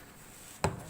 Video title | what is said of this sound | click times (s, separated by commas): Semi automatic washing machine draining system🔥🔥🔥 #Pawan | लॉक हो गया ना चारों तरफ से, | 0.6 s